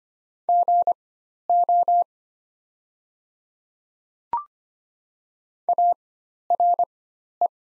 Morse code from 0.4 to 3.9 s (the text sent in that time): GO